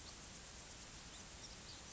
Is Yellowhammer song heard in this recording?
no